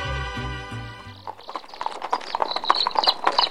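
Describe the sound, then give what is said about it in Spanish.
A low, droning tone fades out and gives way to horse hooves clip-clopping in a quick, steady rhythm, sharp and bright, with a faint rattling beneath them from the one-horse cart with iron wheels they pull. “Yo te puedo decir que lo presencié cuando él se cayó del carretón de un caballo y rueda de fierro.”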